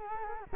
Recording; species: mosquito wingbeat signal from an infrared sensor; Culex quinquefasciatus